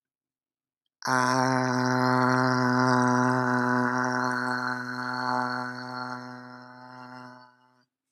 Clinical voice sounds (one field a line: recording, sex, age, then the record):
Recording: vowel held as long as possible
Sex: male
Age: 20 to 29 years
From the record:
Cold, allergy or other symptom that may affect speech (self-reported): no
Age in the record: 29 years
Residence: United States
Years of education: 17